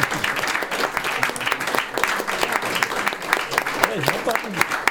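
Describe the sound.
An audience applauds steadily for the full five seconds for a man whose birthday is in a few days, a dense, even patter of many hands clapping, with a few voices calling out faintly underneath.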